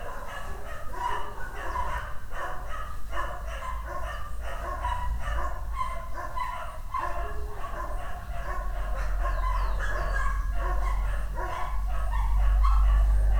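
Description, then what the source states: Dog barking rapidly and continuously over a steady low rumble that swells toward the end. Dogs barking on the Escalera Morrison stairway in Valparaíso; recorded with a Tascam DR-100mk II.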